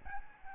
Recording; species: mosquito wingbeat signal from an infrared sensor; Aedes albopictus